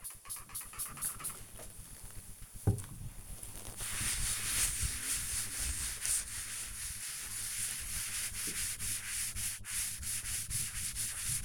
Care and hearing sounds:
household activities, microphone on the right wrist
0.00-11.45 s: cleaning table

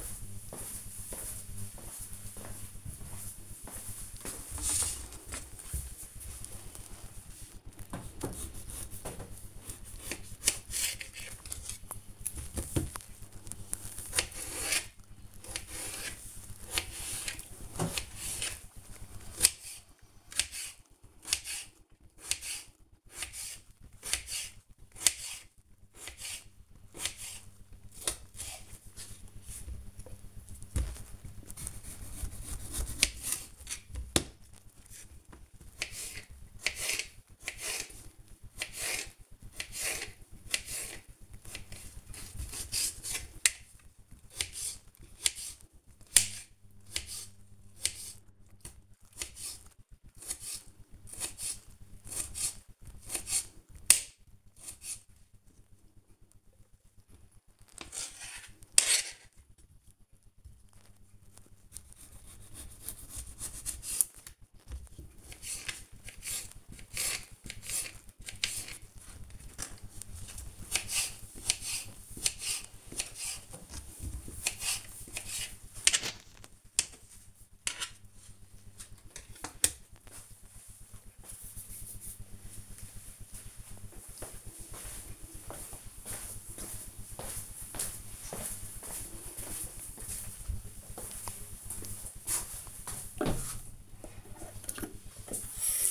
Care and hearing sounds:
household activities, microphone on the right wrist
3.92-78.50 s: cutting vegetables
92.58-95.91 s: washing hands

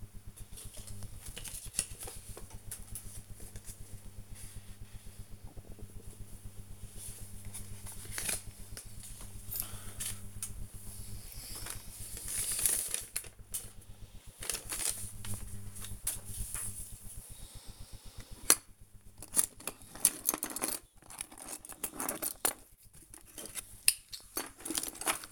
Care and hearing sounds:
household activities, microphone on the right wrist
0.00-25.32 s: sorting documents

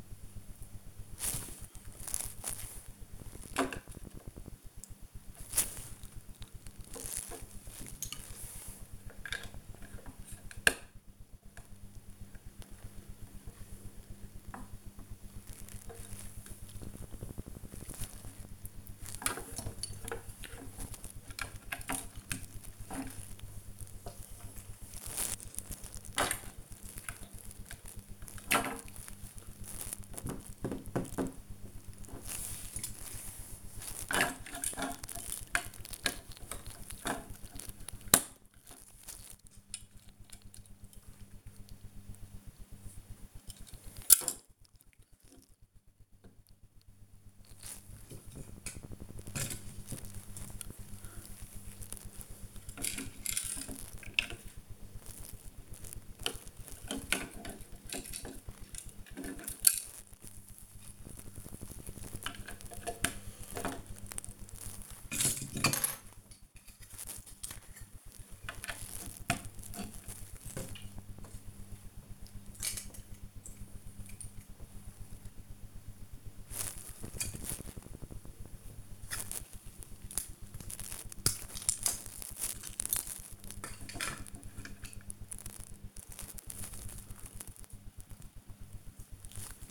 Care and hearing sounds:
household activities, microphone on the right wrist
0.00-85.88 s: building with lego

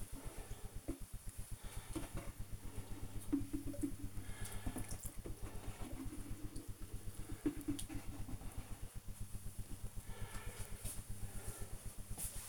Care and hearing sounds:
household activities, microphone on the right wrist
0.00-9.46 s: watering plant

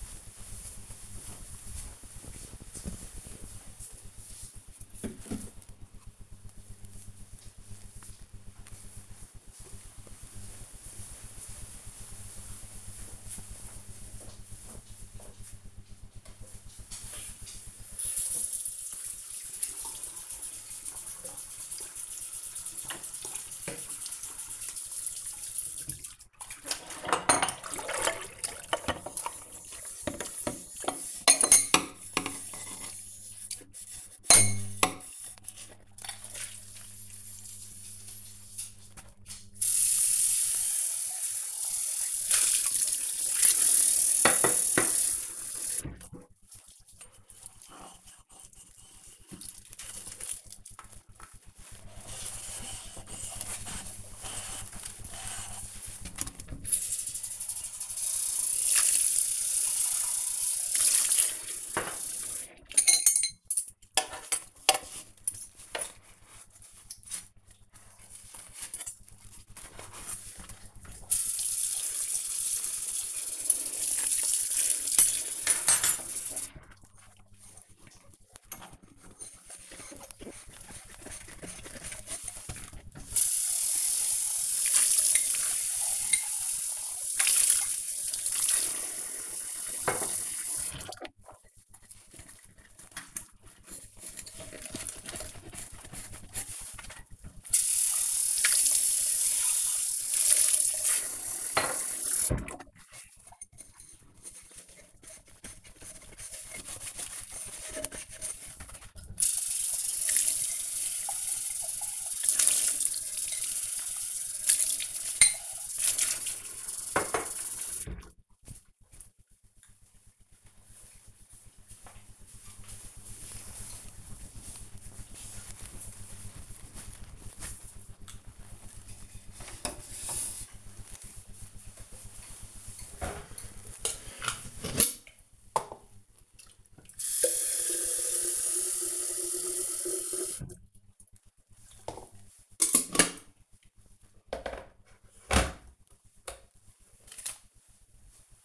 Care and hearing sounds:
household activities, microphone on the right wrist
16.32-118.73 s: washing dishes
131.77-148.45 s: making tea

